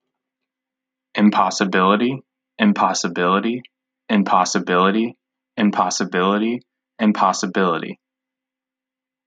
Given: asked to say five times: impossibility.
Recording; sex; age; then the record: repeated word; male; 20 to 29 years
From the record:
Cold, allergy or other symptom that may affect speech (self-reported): no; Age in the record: 24 years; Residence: Indiana, United States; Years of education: 16